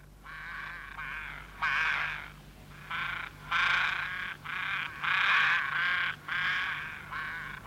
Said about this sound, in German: Oder stören dich die Raben?